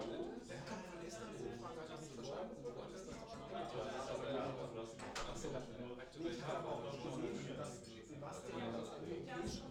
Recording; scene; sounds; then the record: everyday scene through a hearing-aid microphone; many people talking; many voices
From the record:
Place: bistro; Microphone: in the ear canal, left